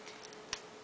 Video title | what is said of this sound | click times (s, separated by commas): XXL Pro Mascara Review | they really close very tightly with a click | 0.5 s